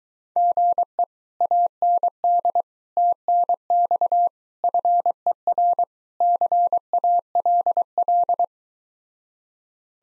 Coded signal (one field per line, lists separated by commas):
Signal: Morse code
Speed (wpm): 24 wpm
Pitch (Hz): 700 Hz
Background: none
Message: GE AND TNX FER CALL